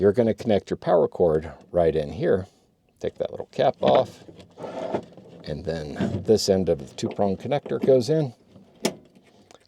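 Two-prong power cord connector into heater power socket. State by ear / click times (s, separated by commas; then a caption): seated / 8.9 s. A two-prong power cord connector is pushed into the power socket on a gas heater after its little cap is removed, while someone talks. The connector clicks in place at 8.8 seconds, seated, with a sharp click standing out clearly after the talking.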